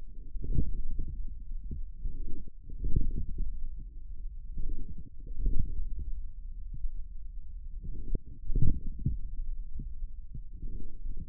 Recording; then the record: forearm muscle sounds (acoustic myography)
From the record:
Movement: forearm pronation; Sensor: system 1, eight BSWA MPA416 microphones around the upper forearm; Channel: 8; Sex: male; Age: 41 years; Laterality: right